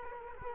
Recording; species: mosquito wingbeat signal from an infrared sensor; Culex quinquefasciatus